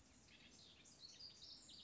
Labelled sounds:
House Wren
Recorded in Sonoma County, California

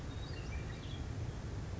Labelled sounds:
Western Tanager
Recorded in Sonoma County, California

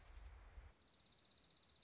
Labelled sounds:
Dark-eyed Junco
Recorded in Sonoma County, California

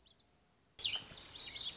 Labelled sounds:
Lazuli Bunting
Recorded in Sonoma County, California

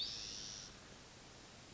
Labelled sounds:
Spotted Towhee
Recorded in Sonoma County, California

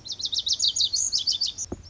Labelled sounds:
Lazuli Bunting
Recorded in Sonoma County, California

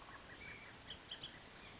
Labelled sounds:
Bullock's Oriole
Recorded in Sonoma County, California

